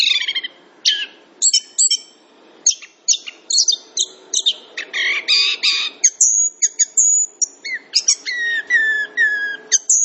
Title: Anis Kembang Gacor. Kicau Anis Kembang Sangat Bagus